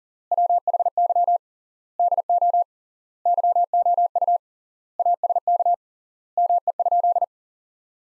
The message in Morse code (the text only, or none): WHY DO YOU ASK ME?